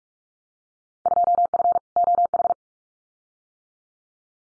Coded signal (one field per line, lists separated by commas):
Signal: Morse code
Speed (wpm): 44 wpm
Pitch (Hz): 700 Hz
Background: none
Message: 2F OH